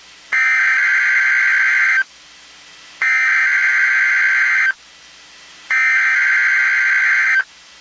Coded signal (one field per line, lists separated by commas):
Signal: Emergency Alert System (SAME) tones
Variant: header bursts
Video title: 12/16/21 - Failed Required Weekly Test on KIH61 & KZZ69 (EAS #316 & EAS #317)